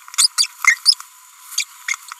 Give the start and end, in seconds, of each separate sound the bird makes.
0.14-0.27, 0.38-0.47, 0.62-0.79, 0.86-0.94, 1.52-1.64, 1.88-1.95